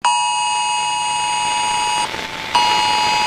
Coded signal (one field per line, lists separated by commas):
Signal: Emergency Alert System (SAME) tones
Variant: 853 and 960 Hz attention tone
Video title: An NDRRMC Eas Scenario: Bagyong Uwan November 2025